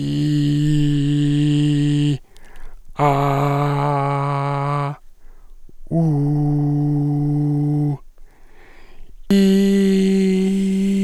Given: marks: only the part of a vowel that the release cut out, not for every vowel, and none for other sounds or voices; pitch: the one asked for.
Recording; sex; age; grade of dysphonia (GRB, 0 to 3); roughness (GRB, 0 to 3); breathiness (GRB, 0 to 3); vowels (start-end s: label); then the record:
sustained vowels; male; 30 to 39 years; 3; 3; 3
0.00-2.05 s: vowel /i/, normal pitch
3.17-4.82 s: vowel /a/, normal pitch
6.08-7.89 s: vowel /u/, normal pitch
9.33-10.29 s: vowel /i/, high pitch
From the record:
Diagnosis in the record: recurrent laryngeal nerve paralysis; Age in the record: 30 years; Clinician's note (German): Links mit unklarer Genese und hyperfunktioneller Kompensation ; 2. Aufnahme gemacht, beim Drehen des Kopfes nach li, Qualitätsverlust und keine glottale Anregung mehr (kein EGG)